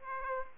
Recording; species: mosquito wingbeat signal from an infrared sensor; Aedes aegypti